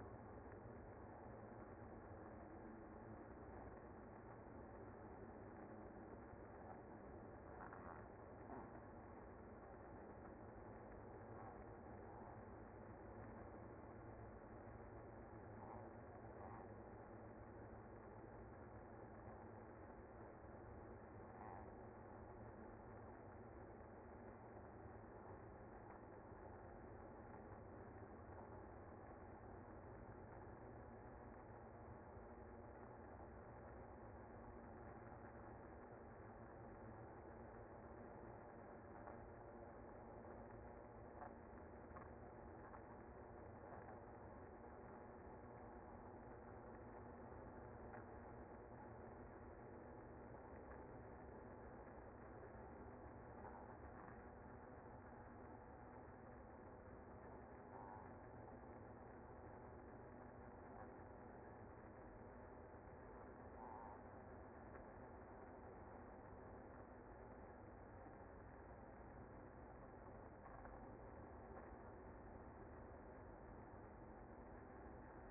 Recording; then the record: honeybee colony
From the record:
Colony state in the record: active